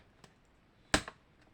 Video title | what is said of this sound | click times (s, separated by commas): montage de la lanterne (4) | Ça, j'ai entendu le clac, celui-là, je sais qu'il y est. | 0.9 s